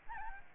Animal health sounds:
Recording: mosquito wingbeat signal from an infrared sensor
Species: Aedes albopictus

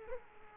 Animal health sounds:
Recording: mosquito wingbeat signal from an infrared sensor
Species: Culex quinquefasciatus

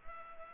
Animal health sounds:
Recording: mosquito wingbeat signal from an infrared sensor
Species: Culex pipiens

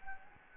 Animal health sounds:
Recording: mosquito wingbeat signal from an infrared sensor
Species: Anopheles gambiae

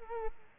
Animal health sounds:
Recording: mosquito wingbeat signal from an infrared sensor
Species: Culex quinquefasciatus

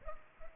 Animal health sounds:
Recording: mosquito wingbeat signal from an infrared sensor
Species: Culex pipiens

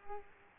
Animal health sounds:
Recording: mosquito wingbeat signal from an infrared sensor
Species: Culex quinquefasciatus

